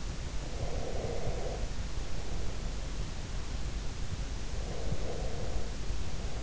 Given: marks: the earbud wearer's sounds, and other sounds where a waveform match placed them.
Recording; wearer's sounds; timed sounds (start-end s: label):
sounds in sleep by an in-ear microphone; breath
0.49-2.73 s: breath
4.55-6.43 s: breath